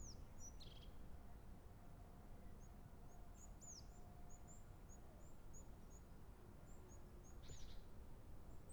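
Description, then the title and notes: European crested tit giving two short buzzy trills, a few sharp high downslurred notes and faint ticking between them, with a continuous low background rumble. Recorded in Montjuïc Cemetery, Barcelona, from an interior passage facing the Olympic ring. "Cementiri de Montjuic. herrerillo capuchino (Lophophanes cristatus)"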